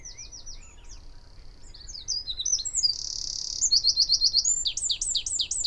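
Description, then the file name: Eurasian wren song, a hurried stream of very high sweeping notes with fast trills, growing louder after the first two seconds. "Troglodytes troglodytes"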